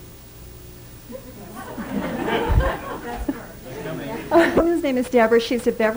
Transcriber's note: audience laughing